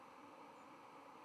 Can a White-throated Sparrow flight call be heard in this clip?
no